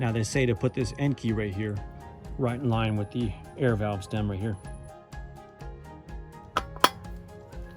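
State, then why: Seated. Someone talks over background music, then a plastic center cap, lined up with its logo toward the valve stem, is pressed into the center bore of a custom alloy wheel for a 1990–93 Honda Accord. Two sharp clicks ring out at 6.6 s and 6.8 s as the cap seats in place.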